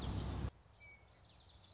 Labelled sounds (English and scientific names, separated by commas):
Common Yellowthroat (Geothlypis trichas)